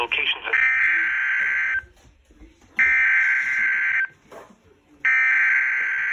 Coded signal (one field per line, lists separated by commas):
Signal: Emergency Alert System (SAME) tones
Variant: header bursts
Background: speech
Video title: EAS Severe Thunderstorm Warning 8/30/21